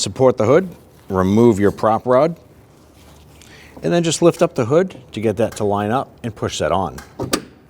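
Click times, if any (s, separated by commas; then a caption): 7.3 s. Someone talks while the hood of a 2007–2014 Cadillac Escalade 6.2L V8 is lifted to line up the upper end of a new gas hood lift support with the ball stud on the hood. The end fitting is pushed onto the ball stud and snaps into place with a sharp click at 7.3 s, seating the support.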